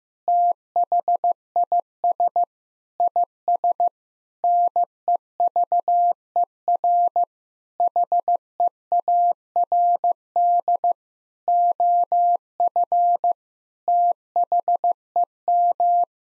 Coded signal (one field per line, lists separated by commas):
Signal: Morse code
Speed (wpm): 15 wpm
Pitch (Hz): 700 Hz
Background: none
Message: THIS IS NEVER HEARD OF THEM